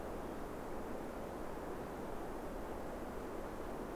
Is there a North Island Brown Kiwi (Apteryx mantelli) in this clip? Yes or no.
no